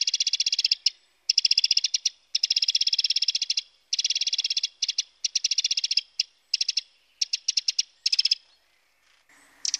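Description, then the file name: Eurasian wren giving harsh, dry rattling bursts, rapid ticking trills in clustered runs separated by short gaps. "Troglodyte Mignon"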